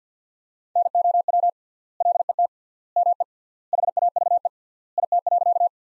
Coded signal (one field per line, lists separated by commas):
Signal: Morse code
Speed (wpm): 50 wpm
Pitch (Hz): 700 Hz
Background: none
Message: NOW LET ME HAVE IT.